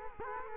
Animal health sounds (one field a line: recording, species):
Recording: mosquito wingbeat signal from an infrared sensor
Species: Culex quinquefasciatus